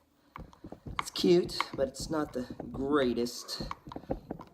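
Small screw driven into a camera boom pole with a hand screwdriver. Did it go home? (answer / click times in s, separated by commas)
no / 3.9 s, 4.1 s, 4.3 s, 4.4 s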